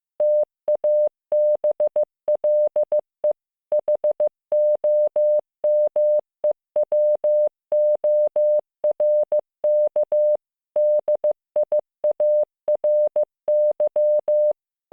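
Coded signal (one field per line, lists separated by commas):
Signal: Morse code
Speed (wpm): 15 wpm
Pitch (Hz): 600 Hz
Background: none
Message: TABLE HOMEWORK DIARY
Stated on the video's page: Morse code listening practice of English words learned in first year of junior high school, generated with LearningMorse CW training software.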